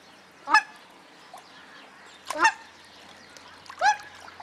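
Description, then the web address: Baikal teal calls, three short harsh clucking notes at irregular intervals against a quiet noisy background. "sonidos cerceta-baikal"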